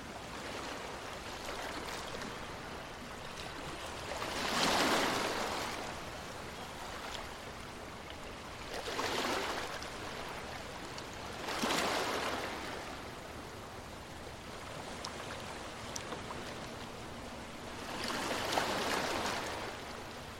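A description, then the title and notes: Waves wash onto a beach in slow, soft swells, each breaking into a bright hiss of foam around 4.5, 9, 12 and 18.5 seconds. Between them a steady low rush of water continues, never fully quiet. Moonlit Beach With Crashing Waves. The gentle waves embrace the sandy shores of a moonlit beach. The cool breeze carries the invigorating scent of the ocean. Nature Sounds Of The Ocean.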